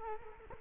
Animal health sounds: mosquito wingbeat signal from an infrared sensor; Culex quinquefasciatus

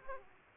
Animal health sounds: mosquito wingbeat signal from an infrared sensor; Aedes aegypti

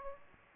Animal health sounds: mosquito wingbeat signal from an infrared sensor; Aedes aegypti

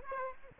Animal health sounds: mosquito wingbeat signal from an infrared sensor; Aedes aegypti

